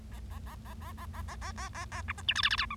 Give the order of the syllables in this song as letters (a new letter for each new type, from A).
A A A A A A A A A A A A B C D E F F G H